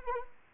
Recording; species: mosquito wingbeat signal from an infrared sensor; Anopheles arabiensis